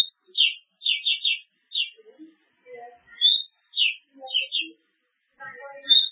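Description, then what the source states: Small bird giving bursts of high chirped notes separated by short pauses, with faint softer twitters in between. Masteran, a training recording played to teach songbirds.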